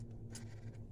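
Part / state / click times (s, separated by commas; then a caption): fuel line quick-connect coupling on the engine fuel rail / released / 0.4 s. A fuel line quick-connect coupling on the fuel rail of a 2002 Ford Ranger 2.3L is pushed in to release it, ready to be pulled straight up off the rail with gasoline expected to come out. Over a steady low hum, a short, sharp click sounds at 0.4 s as the coupling releases open.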